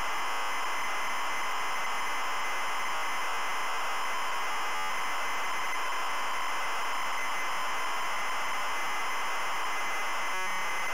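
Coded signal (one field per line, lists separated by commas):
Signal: ZX Spectrum tape loading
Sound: continuous harsh buzzing screech of tape data with a faint steady whine underneath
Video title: ZX SPECTRUM Loading Cobra Ocean Software Ltd 1987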